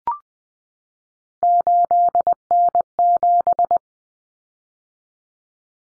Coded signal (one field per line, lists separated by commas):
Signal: Morse code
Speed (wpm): 20 wpm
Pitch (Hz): 700 Hz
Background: none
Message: 8N7